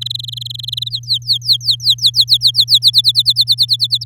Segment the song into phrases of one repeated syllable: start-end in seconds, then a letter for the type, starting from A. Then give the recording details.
0.01-0.89 A, 0.91-2.79 B, 2.81-4.04 C. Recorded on 7 May 2018 at 05:47. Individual llb16